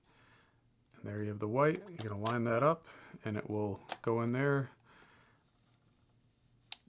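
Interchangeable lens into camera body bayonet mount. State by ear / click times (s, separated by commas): seated / 6.7 s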